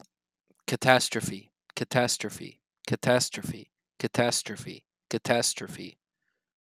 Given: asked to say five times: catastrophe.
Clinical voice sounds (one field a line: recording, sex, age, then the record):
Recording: repeated word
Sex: male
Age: 20 to 29 years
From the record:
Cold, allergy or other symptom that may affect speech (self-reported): no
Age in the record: 23 years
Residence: Nevada, United States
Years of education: 15